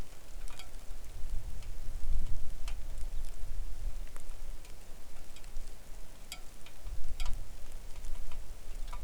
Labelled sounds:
wind
rain
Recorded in the Arctic National Wildlife Refuge, Alaska, on 3 August 2019 at 09:46
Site 41

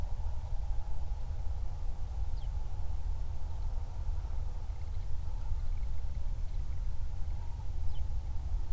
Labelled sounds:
songbird
wind
man-made sound
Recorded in the Prudhoe Bay oil fields, Alaska, on 31 July 2019 at 08:38
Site 24

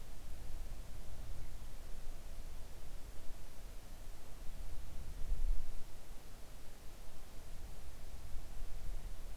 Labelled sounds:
near silence
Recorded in the Arctic National Wildlife Refuge, Alaska, on 3 August 2019 at 05:24
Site 41

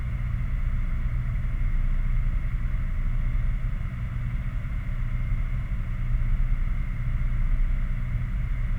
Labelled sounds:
machinery
flare stack
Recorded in the Prudhoe Bay oil fields, Alaska, on 11 August 2019 at 22:45
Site 29

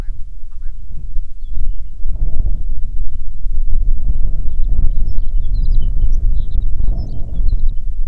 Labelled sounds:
songbird
wind
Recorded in the Prudhoe Bay oil fields, Alaska, on 6 June 2019 at 04:23
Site 16

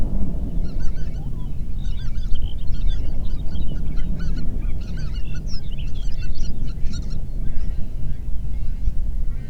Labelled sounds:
songbird
waterfowl
wind
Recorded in the Prudhoe Bay oil fields, Alaska, on 8 June 2019 at 05:01
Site 30

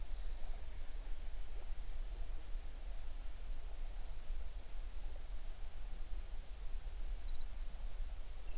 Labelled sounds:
songbird
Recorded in the Prudhoe Bay oil fields, Alaska, on 11 June 2019 at 05:33
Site 21

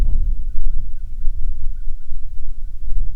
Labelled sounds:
wind
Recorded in the Prudhoe Bay oil fields, Alaska, on 6 June 2019 at 03:54
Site 16

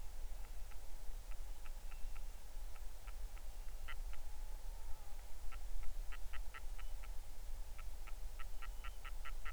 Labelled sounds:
waterfowl
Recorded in the Arctic National Wildlife Refuge, Alaska, on 20 July 2019 at 03:04
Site 38

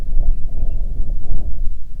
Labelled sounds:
grouse or ptarmigan
wind
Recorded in the Prudhoe Bay oil fields, Alaska, on 25 July 2019 at 01:48
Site 11

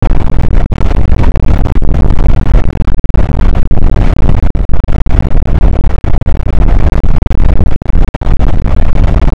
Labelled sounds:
wind
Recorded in the Prudhoe Bay oil fields, Alaska, on 8 May 2019 at 00:06
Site 24

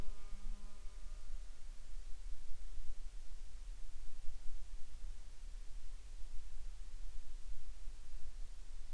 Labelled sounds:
insects
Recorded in the Arctic National Wildlife Refuge, Alaska, on 30 July 2019 at 09:19
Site 39

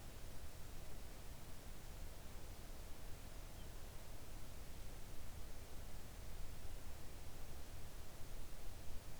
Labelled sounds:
near silence
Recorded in the Arctic National Wildlife Refuge, Alaska, on 3 August 2019 at 05:41
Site 41

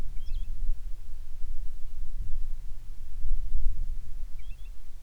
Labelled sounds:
bird
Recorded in the Prudhoe Bay oil fields, Alaska, on 10 July 2019 at 09:34
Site 11

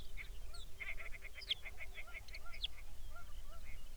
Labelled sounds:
songbird
waterfowl
grouse or ptarmigan
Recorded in the Arctic National Wildlife Refuge, Alaska, on 23 May 2019 at 05:01
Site 49

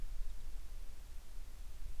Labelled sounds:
near silence
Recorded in the Prudhoe Bay oil fields, Alaska, on 10 July 2019 at 09:19
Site 11

